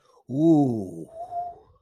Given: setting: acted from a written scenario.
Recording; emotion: vocal sound without words; relief